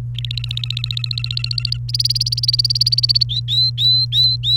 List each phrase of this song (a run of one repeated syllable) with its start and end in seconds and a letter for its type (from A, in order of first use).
0.15-1.77 A, 1.89-3.23 B, 3.29-4.57 C